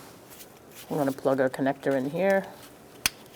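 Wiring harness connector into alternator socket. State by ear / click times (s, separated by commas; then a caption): seated / 3.1 s. A plastic electrical wiring harness connector is plugged into the alternator socket of a 2002-2006 Toyota Camry 2.4L L4. Someone talks first, then one sharp click is heard at 3.1 s as the connector seats.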